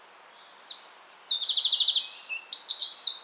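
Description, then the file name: Eurasian wren song, very high and energetic: quick sharp notes run into a fast buzzy trill, followed by ringing twittered phrases that continue to the end. "Troglodytes troglodytes"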